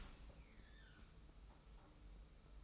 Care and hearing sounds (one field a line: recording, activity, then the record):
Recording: daily activity, microphone in the room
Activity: open dishwasher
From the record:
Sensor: 1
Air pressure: 991.3 hPa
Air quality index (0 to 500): 122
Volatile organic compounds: 240 ppm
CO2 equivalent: 4333 ppm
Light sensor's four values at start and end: 40/125/49/51 and 40/125/49/51